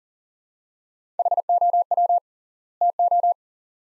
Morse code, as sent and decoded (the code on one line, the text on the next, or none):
.... --- .-- / - ---
HOW TO